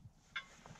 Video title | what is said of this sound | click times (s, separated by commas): Nazouvání bezdušové pneumatiky v domácích podmínkách | A pak to takto krásně zaskočí. | 0.4 s